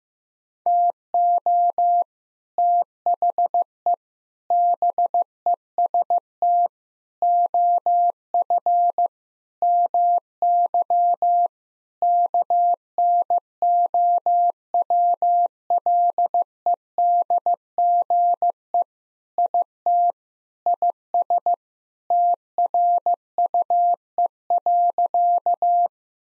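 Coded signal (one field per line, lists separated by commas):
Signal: Morse code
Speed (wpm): 15 wpm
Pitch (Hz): 700 Hz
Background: none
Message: TO THE BEST OF MY KNOWLEDGE IT IS TRUE.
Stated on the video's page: Practice sentences containing common six-word phrases at 15 wpm, each sent twice in Morse around a spoken version.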